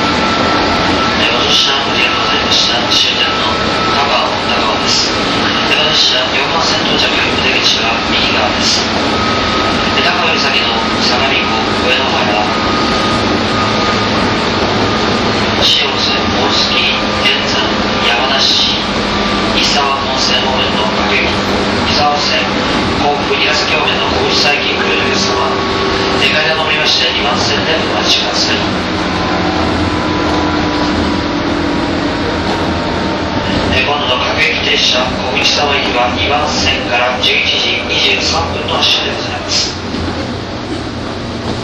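A 201 series train runs on the Chuo Rapid line, a steady dense rumble with a thin whining tone that slowly drops in pitch. Light clicks and knocks from the wheels come in irregular runs, and faint voices sit underneath throughout.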